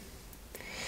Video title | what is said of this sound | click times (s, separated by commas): Montez la Lancia 037 @IXOCOLLECTIONS box 33 | se met comme ça bien juste se clipser voilà et l'antenne | 0.6 s